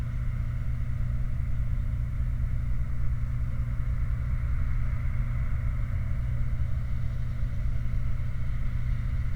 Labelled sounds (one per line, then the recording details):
machinery
flare stack
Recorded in the Prudhoe Bay oil fields, Alaska, on 29 July 2019 at 04:11
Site 29